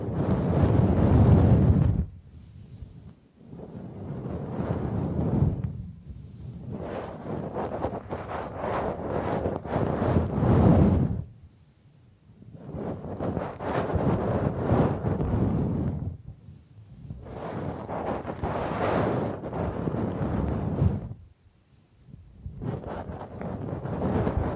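Bamboo is brushed and scratched in long, rough sweeps, each lasting a few seconds before a brief near-silent pause. The strokes are dense and rasping, heavy in the low end with a hissy top, and come back about every five seconds.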